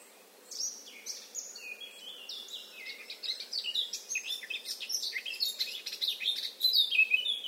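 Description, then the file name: Eurasian blackcap song: a fast, varied warble of high, scratchy and fluty notes that starts after a brief quiet moment and grows busier and louder toward the end. "Sylvia atricapilla"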